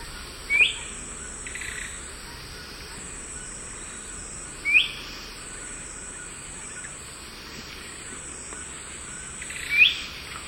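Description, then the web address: Thick-billed euphonia giving short, thin, high call notes about every four to five seconds, three in all, over an insect chorus. Recorded in the eastern lowlands of South America. "Natures Songs S America Eastern Lowlands Thick-billed Euphonia"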